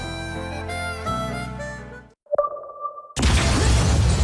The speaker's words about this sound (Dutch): Explosie in het flatgebouw waarbij een vrouwelijke rechercheur is omgekomen.